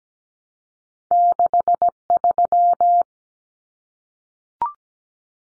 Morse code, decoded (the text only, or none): 63